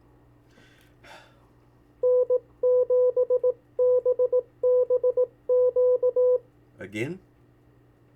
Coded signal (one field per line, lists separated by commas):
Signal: Morse code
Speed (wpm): 18 wpm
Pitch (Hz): 500 Hz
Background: speech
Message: N7BBQ